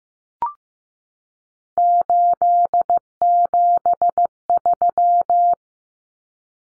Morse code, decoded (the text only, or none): 873